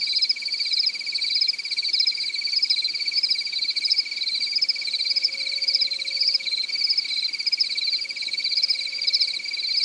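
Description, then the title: Cricket giving a steady high-pitched pulsed trill, with brighter pulses recurring regularly throughout. "AnimalCricket"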